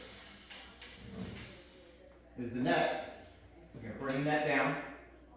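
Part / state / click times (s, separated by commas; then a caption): folding neck of a pop-up basketball game frame locking into its hinge latch / not seated / none. Someone talks while handling the folding neck of a pop-up basketball arcade game frame, getting ready to bring it down into its hinge latch to lock it. Soft handling noises and a brief bump near 0.8 s are heard under the talking. The neck has not yet clicked or seated by the end of the clip.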